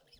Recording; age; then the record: pig call; piglet (1 to 25 days)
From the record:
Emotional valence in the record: positive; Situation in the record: reunion after long isolation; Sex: female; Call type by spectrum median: high-frequency call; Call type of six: low-frequency tonal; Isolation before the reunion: 8 minutes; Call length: 0.20 s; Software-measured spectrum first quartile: 846 Hz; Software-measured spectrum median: 3150 Hz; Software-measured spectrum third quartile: 5258 Hz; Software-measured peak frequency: 5190 Hz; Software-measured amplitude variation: 145 dB a second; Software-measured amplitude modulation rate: 10.3 a second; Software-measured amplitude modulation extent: 14.1 dB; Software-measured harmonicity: 3.7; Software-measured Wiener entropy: -1.91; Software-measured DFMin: 846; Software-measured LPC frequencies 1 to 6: 554, 1734, 3138, 4037, 5158, 6853 Hz